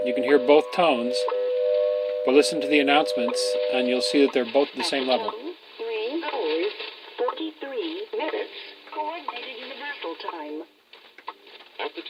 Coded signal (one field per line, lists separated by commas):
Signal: radio time signal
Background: speech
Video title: Ham Radio - The Chameleon MPAS kit as two antennas at once.